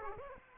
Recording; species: mosquito wingbeat signal from an infrared sensor; Aedes aegypti